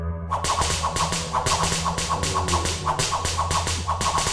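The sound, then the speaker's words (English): A rapid, steady series of sharp whip cracks at the end of a song, roughly four per second, snapping loudly over music with a low sustained drone underneath. “That's a lot of whipping to put at the end of the song.”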